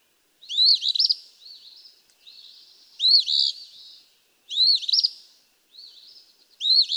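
Eastern phoebe song, raspy two-part fee-bee phrases repeated several times, with softer buzzy notes between; no other sounds.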